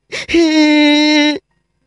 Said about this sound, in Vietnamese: Tiếng khóc của Trình Tiên Duệ non nức làm cho Trình Vĩnh Hoàng khôi phục lại một chút lý trí.